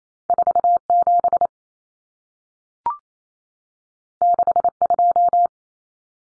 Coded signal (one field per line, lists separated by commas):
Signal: Morse code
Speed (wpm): 28 wpm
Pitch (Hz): 700 Hz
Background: none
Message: 47 62